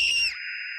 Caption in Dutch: Tinnitus wordt ook wel oorsuizen genoemd en is Latijn voor gerinkel. Een aandoening waardoor je geluiden hoort die er eigenlijk niet zijn. Deze geluiden kunnen variëren van een kleine zachte piep tot een ongelooflijk hard gekrijs. Gehoorschade de belangrijkste oorzaak van tinnitus is.